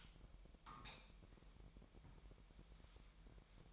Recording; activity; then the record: daily activity, microphone in the room; light off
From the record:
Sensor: 1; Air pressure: 1012.0 hPa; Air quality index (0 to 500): 235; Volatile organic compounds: 6 ppm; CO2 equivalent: 1871 ppm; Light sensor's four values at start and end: 18/49/20/22 and 14/33/14/16